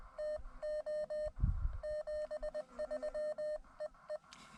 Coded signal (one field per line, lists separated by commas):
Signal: Morse code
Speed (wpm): 20 wpm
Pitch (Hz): 610 Hz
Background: none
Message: TO 73 EE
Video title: Bushwhack SOTA: It doesn't have to be fun to be fun